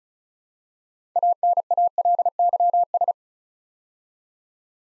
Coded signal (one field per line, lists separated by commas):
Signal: Morse code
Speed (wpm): 36 wpm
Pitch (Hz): 700 Hz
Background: none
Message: ANALYS